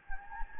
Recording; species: mosquito wingbeat signal from an infrared sensor; Anopheles gambiae